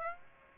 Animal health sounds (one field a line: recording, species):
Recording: mosquito wingbeat signal from an infrared sensor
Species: Aedes aegypti